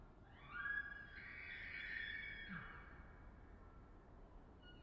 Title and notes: Elk Bugling Bulls In The Distance. Colockum Wildlife Area. Coffin Game Reserve